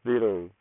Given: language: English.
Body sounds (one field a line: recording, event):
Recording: throat vibration sensor signal played as sound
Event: speech